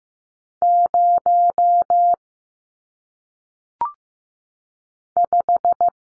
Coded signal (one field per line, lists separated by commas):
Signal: Morse code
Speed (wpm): 15 wpm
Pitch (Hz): 700 Hz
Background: none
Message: 0 5